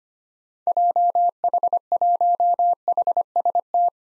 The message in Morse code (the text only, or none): JH1HST